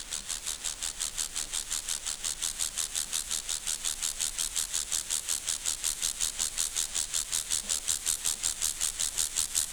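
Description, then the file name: Grasshopper producing an even, sizzling chirp sequence, each dry rasp recurring about every 0.4 seconds without a pause. "Chorthippus"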